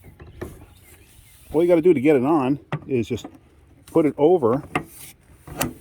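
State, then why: Seated. The socket end of a new hood lift support strut is pushed over its ball stud on the car body while someone talks. A sharp snap is heard at 5.6 s as it seats in place.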